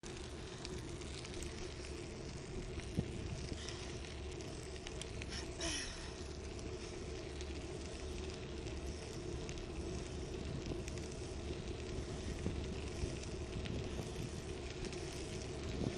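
Riding a bike along Bryant Avenue, with a steady, dense rush of wind and road noise dominated by low rumble throughout. The level stays nearly constant, with a brief brighter swell around five to six seconds, perhaps a passing vehicle.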